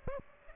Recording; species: mosquito wingbeat signal from an infrared sensor; Aedes aegypti